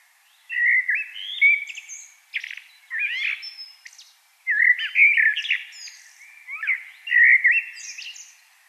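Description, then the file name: Common blackbird song: several loud, varied phrases of mellow whistling notes mixed with squeaky, higher twitters, with short pauses between them. "Turdus merula"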